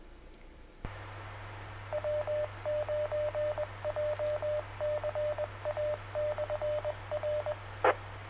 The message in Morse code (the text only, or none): W9JCA/R E